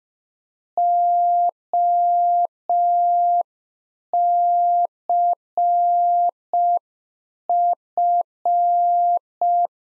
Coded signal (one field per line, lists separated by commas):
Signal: Morse code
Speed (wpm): 5 wpm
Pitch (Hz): 700 Hz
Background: none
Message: OCF